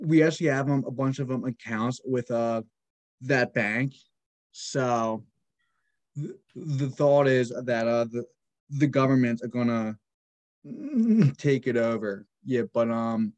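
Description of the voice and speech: A 26-year-old man who stutters speaks conversationally in short bursts broken by long silent gaps of over a second. He stretches "so" and repeats "the" several times before "government", with hesitant restarts. These fit stuttering: prolongations, whole-word repetitions and blocks interrupting otherwise fluent phrases.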